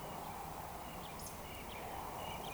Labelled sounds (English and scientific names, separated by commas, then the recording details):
Eurasian Woodcock (Scolopax rusticola) whistle
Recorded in Baden-Württemberg, Germany, on 29 June 2020 at 19:52 UTC
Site 43791, 788 m above sea level